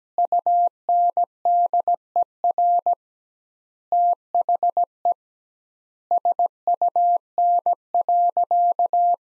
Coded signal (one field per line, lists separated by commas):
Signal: Morse code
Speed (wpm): 17 wpm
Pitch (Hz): 700 Hz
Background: none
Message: UNDER THE SUN.